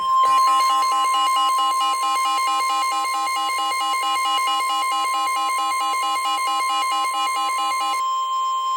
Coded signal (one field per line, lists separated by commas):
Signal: Emergency Alert System (SAME) tones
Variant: 1050 Hz attention tone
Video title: EAS #52 (SVR)